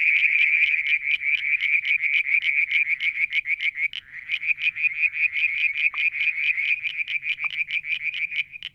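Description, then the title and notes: Frogs calling in dense, rapid high-pitched pulses with a brief dip midway and two soft clicks. Evening near a water tank at Mount Wilson, New South Wales, Australia, July 2022. "Frog song, Mount Wilson, New South Wales, Australia in July 2022 – by Alexander Moffatt. Limnodynastes Peronii, Litoria Verreauxii and a mystery frog one evening near the water tank"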